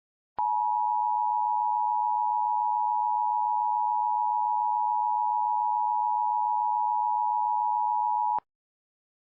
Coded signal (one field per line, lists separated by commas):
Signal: Emergency Alert System (SAME) tones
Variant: 853 and 960 Hz attention tone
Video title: EAS Mock: Local Area Emergency (Requested)